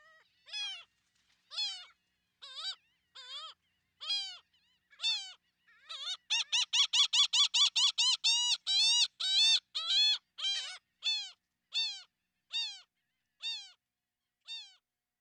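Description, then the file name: Laughing gull calling, yelping notes at spaced intervals, then speeding into a fast laughing series before slowing again to spaced single notes. "solitudes laughing gull"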